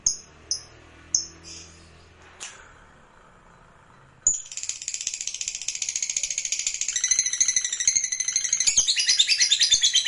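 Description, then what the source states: Lovebird calls: a few sharp high chirps, a pause, then a long rapid chattering trill that builds and continues to the end. Lovebird sound used to stimulate other lovebirds.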